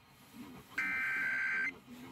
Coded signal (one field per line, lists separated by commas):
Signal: Emergency Alert System (SAME) tones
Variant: header bursts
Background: speech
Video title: Iowa Required Monthly Tests (EAS #388-395)